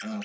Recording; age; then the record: pig call; piglet (1 to 25 days)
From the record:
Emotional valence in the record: negative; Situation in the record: long isolation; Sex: male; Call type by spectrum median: low-frequency call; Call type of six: mixed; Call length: 0.26 s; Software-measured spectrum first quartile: 246 Hz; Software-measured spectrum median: 822 Hz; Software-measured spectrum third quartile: 3615 Hz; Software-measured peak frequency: 213 Hz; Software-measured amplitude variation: 59 dB a second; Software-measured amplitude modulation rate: 11.7 a second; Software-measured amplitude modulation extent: 5.1 dB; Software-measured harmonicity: 7.3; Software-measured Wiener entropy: -2.75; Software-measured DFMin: 780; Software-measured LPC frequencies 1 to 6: 1482, 2483, 3078, 4433, 5251, 5798 Hz